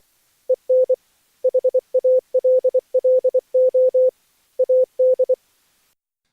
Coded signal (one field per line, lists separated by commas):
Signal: Morse code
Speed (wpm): 24 wpm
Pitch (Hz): 510 Hz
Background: none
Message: EN HALLO AD